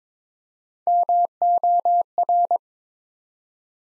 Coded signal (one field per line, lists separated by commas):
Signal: Morse code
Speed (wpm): 22 wpm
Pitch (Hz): 700 Hz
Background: none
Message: MOR